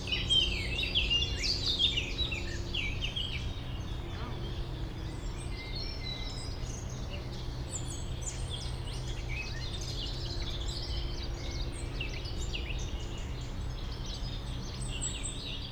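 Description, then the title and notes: European robin, a bright run of high, fluting notes at the start, then a busy stretch of high chirps over a low steady hum. Robin in the foreground of Bois de Memard, a small peri-urban wood near the Jardin Vagabond, Aix-les-Bains, France; city rumble in background. "Dans le bois de Memard 73100 Aix-les-Bains, France - rouge gorge. Un rouge gorge au premier plan entouré de merles et autre oiseaux dans ce petit bois près du Jardin Vagabond, en zone péri urbaine, arrière plan de la rumeur de la ville et des bateaux sur le lac"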